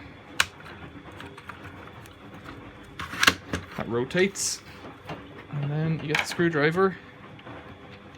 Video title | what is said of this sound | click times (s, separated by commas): Dyson DC25 Cleaning filter and brush bar | This just snaps back in here. | 0.4 s